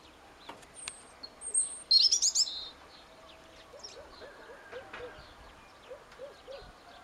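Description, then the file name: European robin singing: a thin, high pure whistle, a second brief whistle, then a quick jumbled twittering phrase, followed by quiet soft low notes. "Erithacus rubecula"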